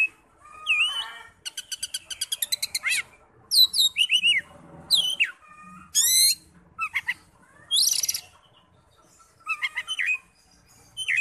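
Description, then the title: Oriental magpie-robin song: varied loud whistled phrases, rapid buzzy trill bursts and sharp rising and falling notes, separated by short pauses. "Kacer"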